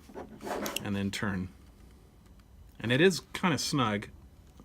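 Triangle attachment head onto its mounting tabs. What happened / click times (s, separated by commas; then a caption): The attachment is handled but has not clicked into place yet / none. A triangle-shaped attachment head is lined up with the tabs on its mounting unit, pushed in, slid and turned until it sits snug, while someone talks. Faint handling sounds come through between the words. The clip ends before the head goes home, so nothing has seated or clicked yet.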